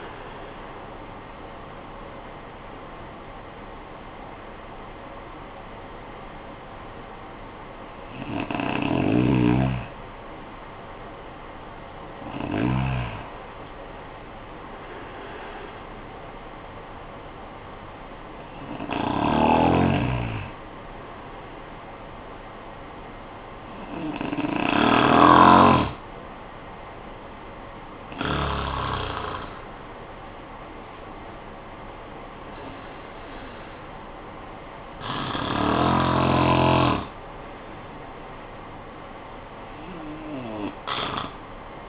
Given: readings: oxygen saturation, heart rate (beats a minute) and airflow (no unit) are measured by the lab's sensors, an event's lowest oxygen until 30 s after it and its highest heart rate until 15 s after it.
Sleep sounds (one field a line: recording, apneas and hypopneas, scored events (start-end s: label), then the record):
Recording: breathing in sleep by a voice recorder at the bedside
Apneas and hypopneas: none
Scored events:
none scored
From the record:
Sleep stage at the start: REM sleep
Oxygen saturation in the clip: 78 to 97%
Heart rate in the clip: 47 to 66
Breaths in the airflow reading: 7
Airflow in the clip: -15.3 to 15.3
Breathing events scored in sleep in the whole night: 445 in 7.6 hours asleep